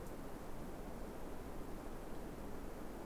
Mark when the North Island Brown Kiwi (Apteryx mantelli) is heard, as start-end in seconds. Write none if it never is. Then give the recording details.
none. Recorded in New Zealand on 3 December 2015. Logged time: 00:13. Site BZ73